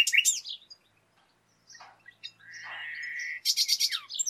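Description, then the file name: Common nightingale song: quick chirps, then a sustained steady whistled note, ending with a rapid run of pulsed high notes. "Luscinia megarhynchos"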